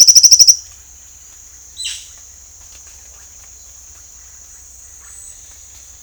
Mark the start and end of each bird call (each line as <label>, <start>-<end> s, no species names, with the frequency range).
bird call (2.0-6.7 kHz), 0.00-0.71 s
bird call (0.3-4.7 kHz), 1.71-6.03 s